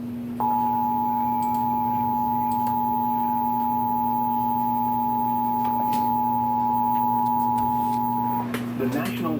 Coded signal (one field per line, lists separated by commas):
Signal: Emergency Alert System (SAME) tones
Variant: 853 and 960 Hz attention tone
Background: speech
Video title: EAS Tornado Warning (September 27th, 2022) #4